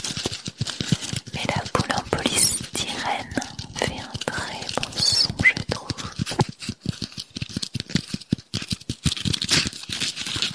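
Tapping and scratching on Christmas decorations, with dense, rapid clicks and taps coming in quick bursts throughout. Brighter scratchy sweeps appear around the second and fifth seconds, and a soft whisper-like voice seems to murmur underneath. Intensity rises and falls unevenly.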